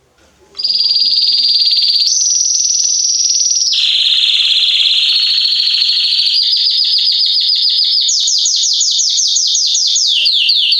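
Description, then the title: Belgian canary song, loud and continuous: trills shifting between pitch levels, some steady, some rapid, ending in quick descending strokes. Male Belgian canary singing a lot, to warm up young and Belgian canaries within 30 minutes. "Esquente Seu Filhote E Canario Belga Em 30 Minutos Macho Cantando Muito. Esquente seu canrio belga em 30 minutos - Canrio Belga estourado"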